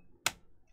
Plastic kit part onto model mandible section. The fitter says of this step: satisfying click